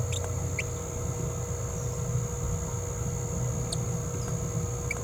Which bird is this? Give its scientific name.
Forpus passerinus